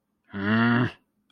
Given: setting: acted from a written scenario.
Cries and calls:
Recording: vocal sound without words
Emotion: disappointment

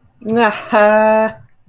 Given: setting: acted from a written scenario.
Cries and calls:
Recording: vocal sound without words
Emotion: amusement

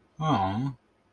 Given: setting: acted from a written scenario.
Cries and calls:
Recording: vocal sound without words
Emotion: adoration

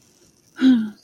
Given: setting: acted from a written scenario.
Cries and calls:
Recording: vocal sound without words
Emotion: neutral

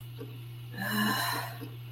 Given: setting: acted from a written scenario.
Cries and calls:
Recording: vocal sound without words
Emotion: guilt

